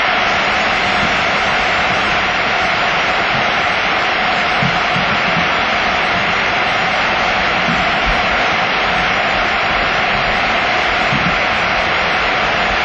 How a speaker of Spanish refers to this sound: Gritos aislados de cobardes, de asesinos y de hijos de puta se han escuchado, y un Viva España que sí ha sido respondido por más gente. Esta es la ovación del Bernabéu.